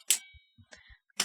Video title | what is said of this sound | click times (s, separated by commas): Walker Training | until you hear it snap and click into place. Do so on both sides. | 0.1 s, 1.2 s